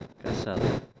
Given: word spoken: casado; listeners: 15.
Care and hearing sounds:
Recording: one Spanish word in noise, from a listening test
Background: noise modulated by one talker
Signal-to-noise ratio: -7.4 dB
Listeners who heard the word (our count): 1 of 15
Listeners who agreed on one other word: 8 of 15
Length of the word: 0.60 s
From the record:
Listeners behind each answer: 8, 2, 1, 1, 1, 1, 1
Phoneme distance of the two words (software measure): 20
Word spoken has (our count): 3 syllables, 6 phonemes, stress on syllable 2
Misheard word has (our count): 3 syllables, 6 phonemes, stress on syllable 2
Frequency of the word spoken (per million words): 21.95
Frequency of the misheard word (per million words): 14.68

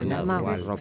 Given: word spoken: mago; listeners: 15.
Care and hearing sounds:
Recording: one Spanish word in noise, from a listening test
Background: four-talker babble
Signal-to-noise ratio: 0.8 dB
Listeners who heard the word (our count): 2 of 15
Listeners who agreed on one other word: 8 of 15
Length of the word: 0.41 s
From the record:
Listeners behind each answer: 8, 2, 1, 1, 1, 1, 1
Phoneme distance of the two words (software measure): 7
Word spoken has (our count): 2 syllables, 4 phonemes, stress on syllable 1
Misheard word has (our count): 2 syllables, 5 phonemes, stress on syllable 1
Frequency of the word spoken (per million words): 8.18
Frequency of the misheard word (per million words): 5.02

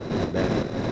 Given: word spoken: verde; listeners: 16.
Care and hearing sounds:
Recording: one Spanish word in noise, from a listening test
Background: noise modulated by three-talker babble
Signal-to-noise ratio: -6.3 dB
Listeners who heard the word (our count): 1 of 16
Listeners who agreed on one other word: 10 of 16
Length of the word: 0.52 s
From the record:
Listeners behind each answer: 10, 1, 1, 1, 1, 1, 1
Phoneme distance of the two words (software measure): 14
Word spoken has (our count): 2 syllables, 5 phonemes, stress on syllable 1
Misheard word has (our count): 1 syllable, 3 phonemes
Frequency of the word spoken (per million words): 70.58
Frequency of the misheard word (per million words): 435.76

